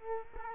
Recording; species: mosquito wingbeat signal from an infrared sensor; Culex quinquefasciatus